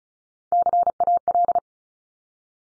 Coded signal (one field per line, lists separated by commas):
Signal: Morse code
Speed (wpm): 36 wpm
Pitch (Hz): 700 Hz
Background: none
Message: CAL